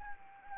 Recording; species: mosquito wingbeat signal from an infrared sensor; Anopheles gambiae